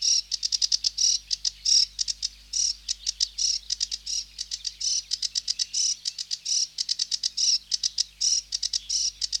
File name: Sedge Warbler (Acrocephalus schoenobaenus)